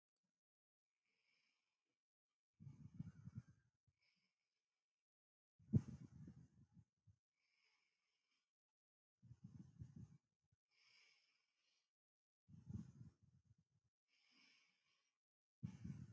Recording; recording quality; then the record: deep breathing; excellent, no background noise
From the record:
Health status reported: healthy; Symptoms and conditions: none ticked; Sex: male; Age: 20 years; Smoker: not ticked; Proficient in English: yes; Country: India